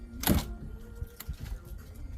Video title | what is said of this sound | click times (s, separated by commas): 2019 2020 2021 GMC Sierra EVAP Purge Solenoid Replacement (ODB2 Code P0449) | until you hear it click. | 0.3 s